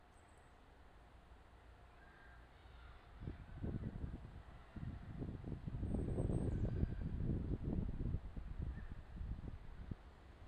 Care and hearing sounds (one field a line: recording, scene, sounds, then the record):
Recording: everyday scene through a hearing-aid microphone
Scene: wind on the microphone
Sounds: squally wind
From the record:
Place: parking lot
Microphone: in the ear canal, left